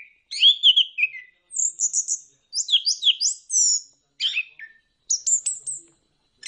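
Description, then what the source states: Bird song of varied high chirps and whistled phrases, short bursts repeated with brief pauses, some notes sliding down, in a quiet background. Bird chirping song meant for training pet birds.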